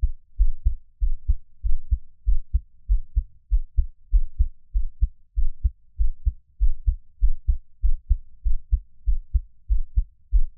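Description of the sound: Steady, low, muffled double thumps repeat at roughly 95–100 a minute with an even rhythm: an adult's own heartbeat heard up close as ASMR, with no talking and only a faint room hum.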